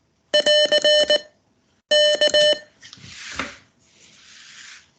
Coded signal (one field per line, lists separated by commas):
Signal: Morse code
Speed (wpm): 20 wpm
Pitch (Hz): 600 Hz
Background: none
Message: <AR> K